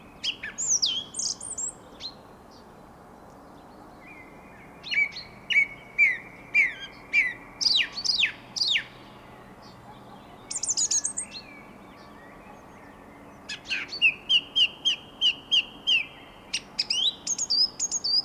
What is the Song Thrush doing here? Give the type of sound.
song